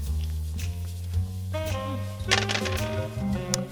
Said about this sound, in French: Donc tu vas jeter les dés une première fois, on va essayer de lire ce que le Yams King nous dit.